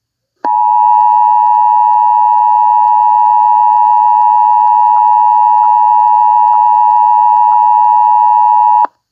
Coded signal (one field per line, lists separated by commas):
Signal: Emergency Alert System (SAME) tones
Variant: 853 and 960 Hz attention tone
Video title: COVID-19: EAS Scenario